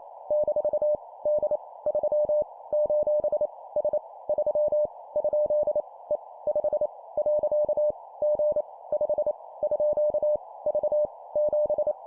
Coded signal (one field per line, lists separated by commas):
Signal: Morse code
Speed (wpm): 28 wpm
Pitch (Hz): 600 Hz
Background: none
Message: - D 3 : S 3 ? E 5 . G 5 _ V 7